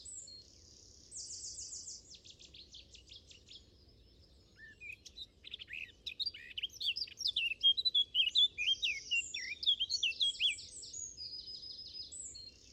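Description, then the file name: Eurasian blackcap song, a long, loud run of quick, varied warbled notes mixed with high, buzzy trills. "Sylvia atricapilla"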